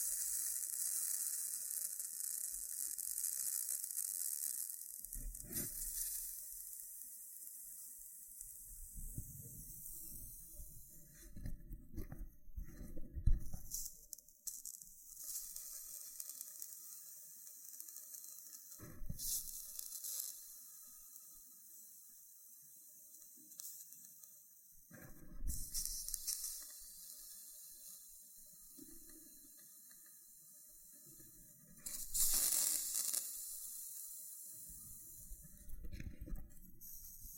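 Loofah scrubbing with a steady bright hiss, broken by low rubbing bursts and sharp pops around 6, 13, 19, 25 and 32 seconds.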